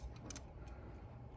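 The plastic sealing cap of a wire-tap terminal connector is being squeezed over spliced wires on a Vespa scooter's wiring. There are brief handling ticks, including a sharp transient near 0.3 s, over a steady low hum. The cap has not clicked into place yet.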